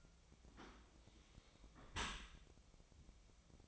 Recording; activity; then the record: daily activity, microphone in the room; close dishwasher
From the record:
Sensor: 1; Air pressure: 1003.1 hPa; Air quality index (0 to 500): 196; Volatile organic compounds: 6 ppm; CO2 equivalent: 1876 ppm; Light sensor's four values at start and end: 19/48/20/24 and 19/47/19/23